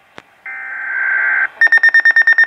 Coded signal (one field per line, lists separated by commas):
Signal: Emergency Alert System (SAME) tones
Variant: header bursts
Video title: Weatheradio Canada - TORNADO WARNING (EAS #84) 16/06/2013